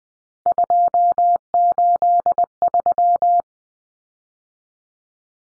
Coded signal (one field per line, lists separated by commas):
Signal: Morse code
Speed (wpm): 20 wpm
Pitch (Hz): 700 Hz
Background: none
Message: 283